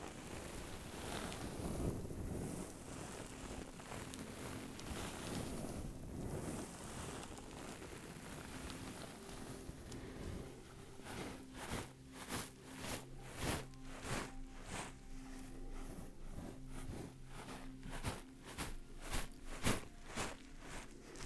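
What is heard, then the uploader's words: A beanbag is turned with a dense, steady rustle of shifting filling, then shaken in quick, regular bursts over a low hum for the last ten seconds. Beanbag turning and shaking. In this episode I’ll be using a beanbag for binaural experience.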